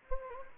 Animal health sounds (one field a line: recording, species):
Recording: mosquito wingbeat signal from an infrared sensor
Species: Anopheles gambiae